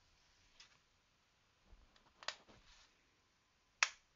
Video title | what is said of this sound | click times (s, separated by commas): Highlight: Let's see if I remember how to build a PC eh? | there's that satisfying snap | 3.8 s